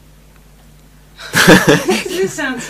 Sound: pause, and yogi laugh

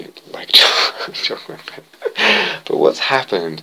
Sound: laughs

